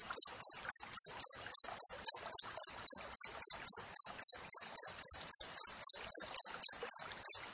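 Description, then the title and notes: Cricket chirping with sharp, high pulses repeated at a steady brisk rate, close to four per second, with soft background crackle. Wild crickets with clear, closely spaced chirps, intended for training songbirds to mimic and for repelling rats. "Masteran Jangkrik Alam Jernih, Jeda Rapat Cocok Untuk Masteran Burung Dan Mengusir Tikus. suara jangkrik"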